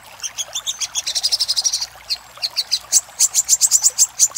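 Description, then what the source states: Little spiderhunter singing high chips that quicken into a dense trill, then resume as louder, evenly spaced shrill notes. Master recording for training cage birds.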